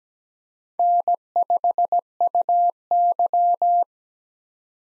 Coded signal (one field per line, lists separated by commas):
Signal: Morse code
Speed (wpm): 17 wpm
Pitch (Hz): 700 Hz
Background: none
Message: N5UY